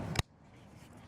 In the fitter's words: hear that click it's locked in